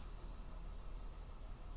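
With both terminals in place on a Lexus IS (3IS or 2IS, non-ISF) third brake light strobe, the plastic locking tab on the connector housing is handled as it is pushed down to secure them. Only a steady low rumble and broadband hiss are heard, with no sharp transients. Nothing has seated or clicked yet.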